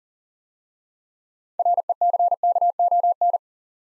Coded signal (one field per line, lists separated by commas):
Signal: Morse code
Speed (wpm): 40 wpm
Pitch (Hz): 700 Hz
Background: none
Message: RECKON